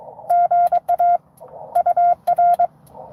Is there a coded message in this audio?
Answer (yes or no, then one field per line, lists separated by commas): yes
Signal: Morse code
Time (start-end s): 0.3-2.7 s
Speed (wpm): 22 wpm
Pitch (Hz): 700 Hz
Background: none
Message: GA UR